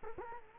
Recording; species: mosquito wingbeat signal from an infrared sensor; Culex quinquefasciatus